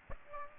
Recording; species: mosquito wingbeat signal from an infrared sensor; Aedes aegypti